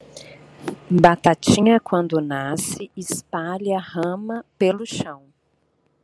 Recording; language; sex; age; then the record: short text; Brazilian Portuguese; female; 30 to 39 years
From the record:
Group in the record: control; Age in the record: 37 years